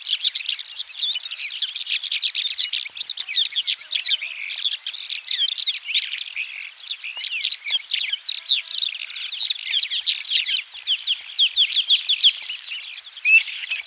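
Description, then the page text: Greater short-toed lark singing a continuous, dense stream of high scratchy twitters and chirps. The chattering flows without a real break for the whole stretch. "Greater Short-Toed Lark Song. Quick Sounds"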